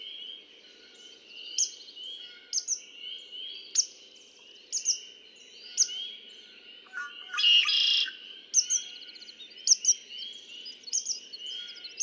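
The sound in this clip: Red-winged blackbird song with a raspy, buzzy trill in the second half, amid many high chirps.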